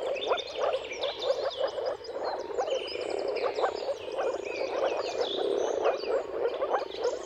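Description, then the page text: Dense moor frog chorus of soft, low, pulsing calls, accompanied by lively bird song with quick trills and whistles. Mating calls of a moor frog chorus at sunrise, at the turn of March and April, depending on the weather. "Jakub-Orzecki moor frogs. Dawn’s Chorus: Mating Calls of Marsh Frogs at Sunrise. Depending on the weather at the turn of March and April, you can witness an amazing spectacle of moor frogs"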